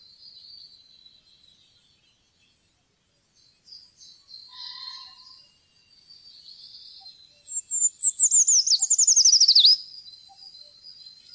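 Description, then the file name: Eurasian treecreeper song: a thin, very high trill of rapid notes slipping down in pitch over about two seconds, after a few faint high notes. "trekryper"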